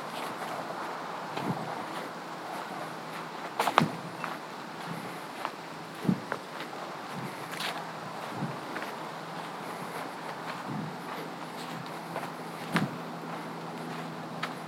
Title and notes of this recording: A Walk in the Woods. Sounds of birds singing in the trees, the scuff of hiker’s boots, and crunching gravel underfoot